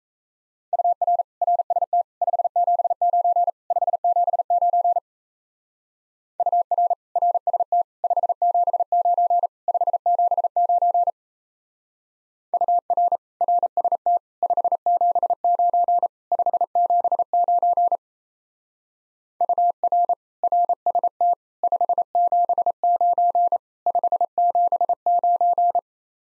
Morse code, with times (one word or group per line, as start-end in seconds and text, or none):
0.7-1.2 UR
1.4-2.0 RST
2.2-3.5 579
3.7-5.0 579
6.4-6.9 UR
7.2-7.8 RST
8.0-9.5 579
9.7-11.1 579
12.5-13.2 UR
13.4-14.2 RST
14.4-16.1 579
16.3-18.0 579
19.4-20.1 UR
20.4-21.3 RST
21.6-23.6 579
23.9-25.8 579